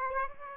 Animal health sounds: mosquito wingbeat signal from an infrared sensor; Aedes aegypti

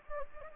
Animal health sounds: mosquito wingbeat signal from an infrared sensor; Anopheles gambiae

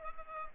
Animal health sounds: mosquito wingbeat signal from an infrared sensor; Culex pipiens

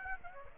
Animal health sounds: mosquito wingbeat signal from an infrared sensor; Aedes aegypti

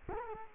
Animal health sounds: mosquito wingbeat signal from an infrared sensor; Culex quinquefasciatus

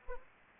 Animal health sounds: mosquito wingbeat signal from an infrared sensor; Anopheles arabiensis

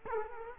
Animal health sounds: mosquito wingbeat signal from an infrared sensor; Culex quinquefasciatus

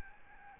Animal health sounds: mosquito wingbeat signal from an infrared sensor; Aedes albopictus

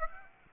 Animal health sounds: mosquito wingbeat signal from an infrared sensor; Aedes aegypti

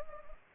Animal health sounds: mosquito wingbeat signal from an infrared sensor; Anopheles gambiae

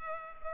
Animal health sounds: mosquito wingbeat signal from an infrared sensor; Culex pipiens

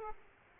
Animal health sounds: mosquito wingbeat signal from an infrared sensor; Aedes aegypti

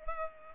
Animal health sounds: mosquito wingbeat signal from an infrared sensor; Culex pipiens

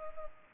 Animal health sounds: mosquito wingbeat signal from an infrared sensor; Culex pipiens

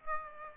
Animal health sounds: mosquito wingbeat signal from an infrared sensor; Aedes aegypti

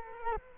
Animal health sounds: mosquito wingbeat signal from an infrared sensor; Culex quinquefasciatus

